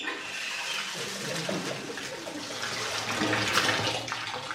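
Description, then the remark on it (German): Steady rushing hot water, with a splash of cold added, pours into a bathtub, a broad hissing wash that swells slightly louder toward the end, with faint gurgles beneath and no voices. “Wenn ich jetzt einen Schuss von dem kalten dazu nehmen könnte?”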